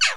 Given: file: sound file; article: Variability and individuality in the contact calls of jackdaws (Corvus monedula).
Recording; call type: jackdaw call; noisy